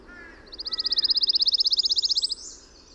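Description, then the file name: Pine warbler song: a steady, even trill of many quick high notes, with faint softer sounds lower down before it. Recorded on 22 June 2001; 11 songs. "2001-06-22 Pine Warbler 11 Songs"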